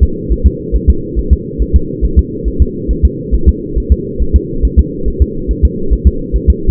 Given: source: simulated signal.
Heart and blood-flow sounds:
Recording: fetal heart sounds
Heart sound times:
0.03 s: S2
0.32 s: S1
0.46 s: S2
0.75 s: S1
0.90 s: S2
1.19 s: S1
1.33 s: S2
1.62 s: S1
1.76 s: S2
2.05 s: S1
2.19 s: S2
2.48 s: S1
2.62 s: S2
2.91 s: S1
3.05 s: S2
3.34 s: S1
3.48 s: S2
3.78 s: S1
3.92 s: S2
4.22 s: S1
4.36 s: S2
4.65 s: S1
4.79 s: S2
5.08 s: S1
5.22 s: S2
5.51 s: S1
5.65 s: S2
5.93 s: S1
6.07 s: S2
6.36 s: S1
6.50 s: S2
From the record:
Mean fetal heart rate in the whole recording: 140 bpm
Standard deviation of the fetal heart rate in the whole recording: 2 bpm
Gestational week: 34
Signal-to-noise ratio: -8.1 dB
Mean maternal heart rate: 72 bpm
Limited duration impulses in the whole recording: present

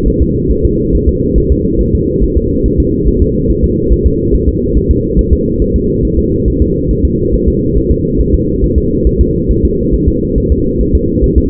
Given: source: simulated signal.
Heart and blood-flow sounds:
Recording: fetal heart sounds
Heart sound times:
0.08 s: S1
0.22 s: S2
0.51 s: S1
0.65 s: S2
0.95 s: S1
1.09 s: S2
1.38 s: S1
1.52 s: S2
1.81 s: S1
1.95 s: S2
2.23 s: S1
2.37 s: S2
2.66 s: S1
2.80 s: S2
3.08 s: S1
3.22 s: S2
3.51 s: S1
3.64 s: S2
3.93 s: S1
4.06 s: S2
4.34 s: S1
4.48 s: S2
4.77 s: S1
4.91 s: S2
5.19 s: S1
5.33 s: S2
5.62 s: S1
5.76 s: S2
6.05 s: S1
6.19 s: S2
6.48 s: S1
6.62 s: S2
6.91 s: S1
7.05 s: S2
7.34 s: S1
7.48 s: S2
7.77 s: S1
7.91 s: S2
8.20 s: S1
8.34 s: S2
8.64 s: S1
8.78 s: S2
9.07 s: S1
9.21 s: S2
9.51 s: S1
9.65 s: S2
9.94 s: S1
10.08 s: S2
10.38 s: S1
10.52 s: S2
10.81 s: S1
10.95 s: S2
11.24 s: S1
11.38 s: S2
From the record:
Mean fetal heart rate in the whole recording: 140 bpm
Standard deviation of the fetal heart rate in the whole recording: 2 bpm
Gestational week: 34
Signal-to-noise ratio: -10.2 dB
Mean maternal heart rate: 72 bpm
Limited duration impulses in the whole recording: present

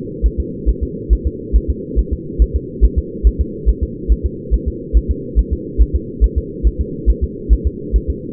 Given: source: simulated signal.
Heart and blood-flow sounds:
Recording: fetal heart sounds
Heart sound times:
0.26 s: S1
0.40 s: S2
0.69 s: S1
0.83 s: S2
1.13 s: S1
1.27 s: S2
1.56 s: S1
1.70 s: S2
1.99 s: S1
2.13 s: S2
2.42 s: S1
2.56 s: S2
2.84 s: S1
2.99 s: S2
3.27 s: S1
3.41 s: S2
3.69 s: S1
3.83 s: S2
4.12 s: S1
4.26 s: S2
4.54 s: S1
4.68 s: S2
4.97 s: S1
5.11 s: S2
5.39 s: S1
5.53 s: S2
5.81 s: S1
5.96 s: S2
6.24 s: S1
6.38 s: S2
6.67 s: S1
6.81 s: S2
7.10 s: S1
7.24 s: S2
7.53 s: S1
7.67 s: S2
7.96 s: S1
8.10 s: S2
From the record:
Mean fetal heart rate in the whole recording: 140 bpm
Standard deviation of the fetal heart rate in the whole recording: 2 bpm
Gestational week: 34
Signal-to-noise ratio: -4.1 dB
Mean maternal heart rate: no maternal heart sound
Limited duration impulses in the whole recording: absent

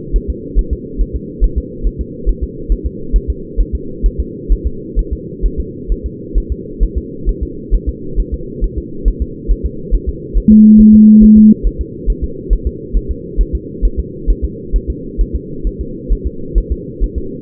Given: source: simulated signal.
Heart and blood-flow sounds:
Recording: fetal heart sounds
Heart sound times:
0.16 s: S1
0.30 s: S2
0.59 s: S1
0.73 s: S2
1.01 s: S1
1.15 s: S2
1.44 s: S1
1.58 s: S2
1.87 s: S1
2.01 s: S2
2.29 s: S1
2.43 s: S2
2.72 s: S1
2.86 s: S2
3.16 s: S1
3.30 s: S2
3.60 s: S1
3.75 s: S2
4.06 s: S1
4.20 s: S2
4.52 s: S1
4.66 s: S2
4.99 s: S1
5.13 s: S2
5.45 s: S1
5.60 s: S2
5.92 s: S1
6.06 s: S2
6.38 s: S1
6.52 s: S2
6.83 s: S1
6.97 s: S2
7.29 s: S1
7.43 s: S2
7.75 s: S1
7.89 s: S2
8.20 s: S1
8.34 s: S2
8.64 s: S1
8.78 s: S2
9.08 s: S1
9.22 s: S2
9.51 s: S1
9.66 s: S2
9.94 s: S1
10.09 s: S2
10.38 s: S1
10.52 s: S2
10.81 s: S1
10.95 s: S2
11.23 s: S1
11.38 s: S2
11.67 s: S1
11.81 s: S2
12.10 s: S1
12.24 s: S2
12.53 s: S1
12.67 s: S2
12.97 s: S1
13.11 s: S2
13.41 s: S1
13.55 s: S2
13.85 s: S1
13.99 s: S2
14.30 s: S1
14.44 s: S2
14.76 s: S1
14.90 s: S2
15.21 s: S1
15.35 s: S2
15.67 s: S1
15.81 s: S2
16.12 s: S1
16.27 s: S2
16.58 s: S1
16.72 s: S2
17.03 s: S1
17.18 s: S2
From the record:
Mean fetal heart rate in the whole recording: 135 bpm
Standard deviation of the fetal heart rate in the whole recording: 3 bpm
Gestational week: 36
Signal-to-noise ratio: -4.3 dB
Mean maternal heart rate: 72 bpm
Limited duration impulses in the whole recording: present

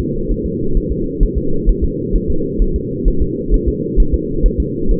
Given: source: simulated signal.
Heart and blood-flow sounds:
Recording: fetal heart sounds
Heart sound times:
0.31 s: S1
0.46 s: S2
0.77 s: S1
0.92 s: S2
1.23 s: S1
1.38 s: S2
1.69 s: S1
1.84 s: S2
2.16 s: S1
2.30 s: S2
2.62 s: S1
2.76 s: S2
3.08 s: S1
3.22 s: S2
3.54 s: S1
3.68 s: S2
4.00 s: S1
4.14 s: S2
4.46 s: S1
4.60 s: S2
4.91 s: S1
From the record:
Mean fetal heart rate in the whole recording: 130 bpm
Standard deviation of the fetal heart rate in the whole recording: 2 bpm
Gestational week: 38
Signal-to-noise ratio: -8.1 dB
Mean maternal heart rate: 72 bpm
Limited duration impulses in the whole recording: absent

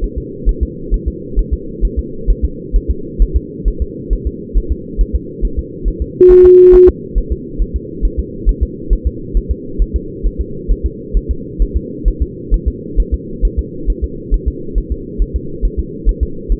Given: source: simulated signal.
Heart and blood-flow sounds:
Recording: fetal heart sounds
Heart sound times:
0.04 s: S1
0.18 s: S2
0.49 s: S1
0.63 s: S2
0.94 s: S1
1.08 s: S2
1.39 s: S1
1.53 s: S2
1.85 s: S1
1.99 s: S2
2.30 s: S1
2.45 s: S2
2.76 s: S1
2.90 s: S2
3.22 s: S1
3.36 s: S2
3.68 s: S1
3.82 s: S2
4.13 s: S1
4.27 s: S2
4.57 s: S1
4.72 s: S2
5.01 s: S1
5.15 s: S2
5.45 s: S1
5.59 s: S2
5.88 s: S1
6.02 s: S2
6.31 s: S1
6.45 s: S2
6.75 s: S1
6.89 s: S2
7.18 s: S1
7.32 s: S2
7.62 s: S1
7.76 s: S2
8.05 s: S1
8.19 s: S2
8.49 s: S1
8.63 s: S2
8.93 s: S1
9.07 s: S2
9.37 s: S1
9.51 s: S2
9.82 s: S1
9.96 s: S2
10.26 s: S1
10.41 s: S2
10.71 s: S1
10.86 s: S2
11.17 s: S1
11.31 s: S2
11.62 s: S1
11.76 s: S2
12.08 s: S1
12.22 s: S2
12.54 s: S1
12.68 s: S2
13.00 s: S1
13.14 s: S2
13.45 s: S1
13.59 s: S2
13.90 s: S1
14.04 s: S2
14.34 s: S1
14.48 s: S2
14.78 s: S1
14.92 s: S2
15.22 s: S1
15.36 s: S2
15.65 s: S1
15.79 s: S2
16.09 s: S1
16.23 s: S2
16.52 s: S1
From the record:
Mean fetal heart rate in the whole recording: 135 bpm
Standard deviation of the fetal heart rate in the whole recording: 3 bpm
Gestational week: 36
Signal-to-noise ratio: -4.3 dB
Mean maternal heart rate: 72 bpm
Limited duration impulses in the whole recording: present

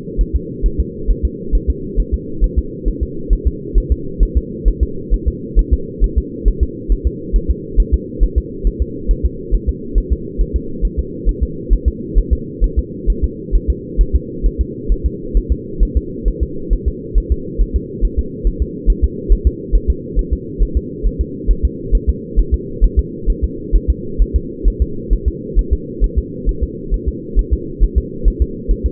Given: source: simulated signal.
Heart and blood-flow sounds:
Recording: fetal heart sounds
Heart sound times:
0.21 s: S1
0.36 s: S2
0.66 s: S1
0.80 s: S2
1.11 s: S1
1.25 s: S2
1.55 s: S1
1.70 s: S2
2.00 s: S1
2.14 s: S2
2.44 s: S1
2.59 s: S2
2.88 s: S1
3.03 s: S2
3.33 s: S1
3.47 s: S2
3.78 s: S1
3.92 s: S2
4.23 s: S1
4.37 s: S2
4.68 s: S1
4.83 s: S2
5.14 s: S1
5.28 s: S2
5.59 s: S1
5.74 s: S2
6.04 s: S1
6.18 s: S2
6.48 s: S1
6.63 s: S2
6.92 s: S1
7.07 s: S2
7.36 s: S1
7.51 s: S2
7.80 s: S1
7.94 s: S2
8.24 s: S1
8.38 s: S2
8.67 s: S1
8.82 s: S2
9.11 s: S1
9.25 s: S2
9.55 s: S1
9.69 s: S2
9.98 s: S1
10.12 s: S2
10.41 s: S1
10.56 s: S2
10.85 s: S1
10.99 s: S2
11.29 s: S1
11.43 s: S2
11.73 s: S1
11.88 s: S2
12.19 s: S1
12.33 s: S2
12.64 s: S1
12.79 s: S2
13.10 s: S1
13.24 s: S2
13.56 s: S1
13.70 s: S2
14.01 s: S1
14.16 s: S2
14.46 s: S1
14.61 s: S2
14.92 s: S1
15.06 s: S2
15.37 s: S1
15.52 s: S2
15.83 s: S1
15.97 s: S2
16.28 s: S1
16.43 s: S2
16.73 s: S1
16.88 s: S2
17.18 s: S1
17.32 s: S2
17.62 s: S1
17.76 s: S2
18.05 s: S1
18.19 s: S2
18.47 s: S1
18.62 s: S2
18.90 s: S1
19.04 s: S2
19.33 s: S1
19.47 s: S2
19.75 s: S1
19.90 s: S2
20.19 s: S1
20.33 s: S2
20.63 s: S1
20.77 s: S2
21.06 s: S1
21.21 s: S2
21.51 s: S1
21.65 s: S2
21.95 s: S1
22.09 s: S2
22.39 s: S1
22.54 s: S2
22.84 s: S1
22.99 s: S2
23.30 s: S1
23.44 s: S2
23.76 s: S1
23.90 s: S2
24.22 s: S1
24.36 s: S2
24.68 s: S1
24.82 s: S2
25.13 s: S1
25.28 s: S2
25.59 s: S1
25.73 s: S2
26.04 s: S1
26.18 s: S2
26.49 s: S1
26.63 s: S2
26.94 s: S1
27.09 s: S2
27.39 s: S1
27.53 s: S2
27.84 s: S1
27.98 s: S2
28.28 s: S1
28.42 s: S2
28.71 s: S1
28.86 s: S2
From the record:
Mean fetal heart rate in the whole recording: 135 bpm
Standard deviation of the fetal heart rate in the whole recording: 3 bpm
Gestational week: 36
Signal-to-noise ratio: -4.3 dB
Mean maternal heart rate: 72 bpm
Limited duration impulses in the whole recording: present

